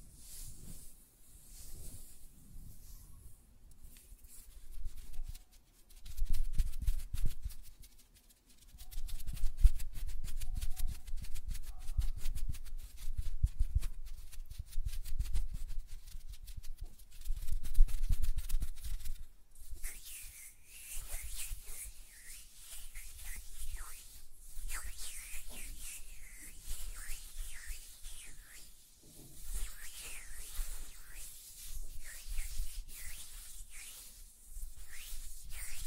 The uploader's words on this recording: ASMR Tapping on Nails, Finger Fluttering, Hand Sounds (No Talking).